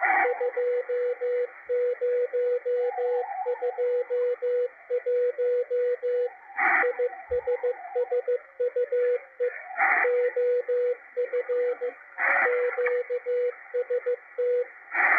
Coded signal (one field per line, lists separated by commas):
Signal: Morse code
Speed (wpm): 15 wpm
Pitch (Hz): 490 Hz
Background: radio noise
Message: 2021 ISSUE OF QST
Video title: W1AW CW DECODE - MACHILITE DSP SDR RECEIVER 12-8-2021